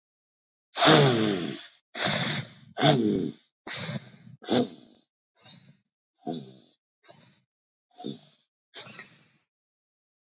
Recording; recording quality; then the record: deep breathing; excellent, no background noise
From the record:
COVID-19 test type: RT-PCR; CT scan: not taken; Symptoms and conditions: cough, cold, sore throat, fatigue, loss of smell and taste, chronic lung disease, pneumonia, hypertension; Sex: male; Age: 23 years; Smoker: no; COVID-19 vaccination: both doses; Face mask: not worn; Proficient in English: yes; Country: India